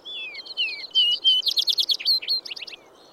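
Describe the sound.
Vesper sparrow song: two slurred down-whistles, then louder ringing notes breaking into a quick series of buzzy trilled phrases.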